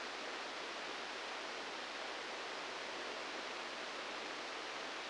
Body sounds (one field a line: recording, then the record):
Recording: brain microelectrode recording played as sound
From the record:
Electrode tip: inside the subthalamic nucleus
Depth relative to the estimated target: 0 mm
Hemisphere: left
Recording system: NeuroSet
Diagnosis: Parkinson's disease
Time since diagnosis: 10 years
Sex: male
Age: 63 years